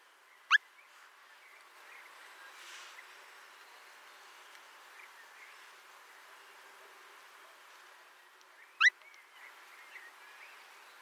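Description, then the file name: Eurasian stone-curlew call: two short, sharply rising shrill notes about eight seconds apart over a soft, steady background hiss. "Marco Dragonetti - Avdotka Burhinus oedicnemus"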